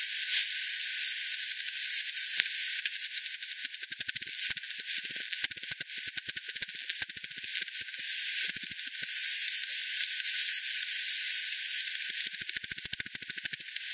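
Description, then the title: Bat echolocation calls, scattered bursts of quick ticking pulses over a soft hiss, with a denser run near the end. "WW bat 20201007 T 18 : 10 Z-Hogsmill-Lane-Hogsmill-River-multiple-bats-FD 10-bandpass-1500-to-7500 Hz"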